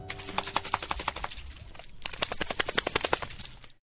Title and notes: Paisatges sonors amb Albert Murillo. el so d'un gos que es treu l'aigua de sobre